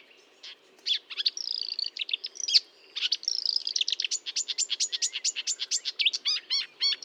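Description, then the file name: Marsh warbler song, scratchy buzzes then a long rapid series of clicking notes, with a few squeaky notes near the end. Recorded at Fontaine-Française, Fourneau, on 1 June 2022 at 10:55, using a Nagra recorder with a Telinga microphone. "Rousserolle verderolle 1055 Fontaine-Francaise-Fourneau"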